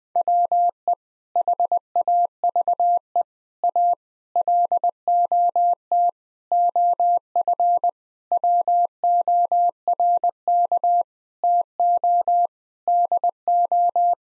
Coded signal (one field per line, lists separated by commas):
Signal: Morse code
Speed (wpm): 21 wpm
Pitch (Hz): 700 Hz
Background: none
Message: WE HAVE A LOT OF WORK TO DO